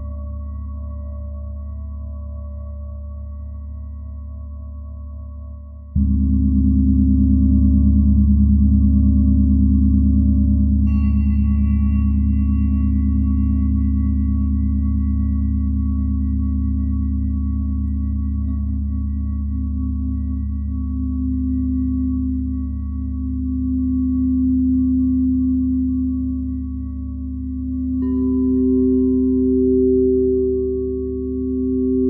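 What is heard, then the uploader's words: Singing bowls ring in long, overlapping tones over a deep steady hum. A stronger strike near six seconds swells the sound, a higher bowl enters around eleven seconds, and another tone rises near twenty-eight seconds, all sustaining with slow gentle wavering. Soundscape singing bowls.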